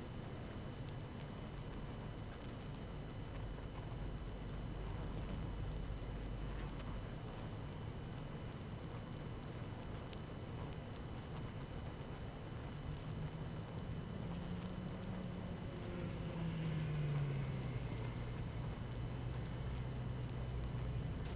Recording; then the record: honeybee colony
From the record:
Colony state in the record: active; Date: 12 June 2018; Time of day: 17:55